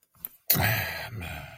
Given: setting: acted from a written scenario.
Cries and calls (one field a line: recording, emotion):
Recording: vocal sound without words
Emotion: guilt